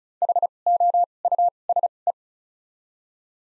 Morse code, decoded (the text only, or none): H O U S E